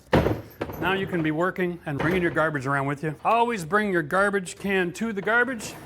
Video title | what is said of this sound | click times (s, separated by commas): How to Level Your Floors (So Your Flooring Doesn't Fail) | Check this out. Locks in place. | 0.1 s